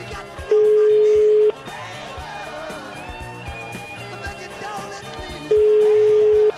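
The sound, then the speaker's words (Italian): Ringback of an outgoing phone call: two steady, low-pitched one-second tones about four seconds apart, loud and clear over a busy background of voices and music. “Facciamo un tentativo, squilla il telefono, eh?”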